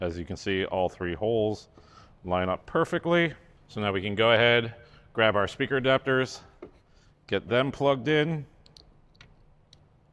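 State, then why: Not seated. Someone talks while grabbing a Kicker plastic speaker wiring adapter plug for a 2007–2014 Jeep JK Wrangler speaker install and bringing it to the factory speaker harness connector. A few faint, short handling ticks follow around 6.6 to 9.7 seconds. Nothing has seated or clicked yet.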